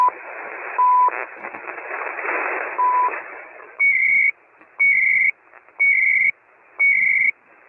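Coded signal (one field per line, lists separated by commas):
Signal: radio time signal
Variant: CHU Canada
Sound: two short 1 kHz ticks in hiss, then four once-a-second warbling high data bursts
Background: radio static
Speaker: well I remember doing that before there's uh Chu [Applause] Canada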